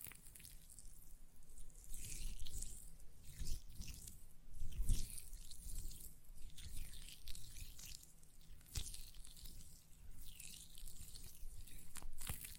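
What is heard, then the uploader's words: Hands work a gel lotion, with moist squishing, wet smacks and crackly bursts coming every second or so over a faint low hum. ASMR Gel Lotion Hand Sounds (No Talking).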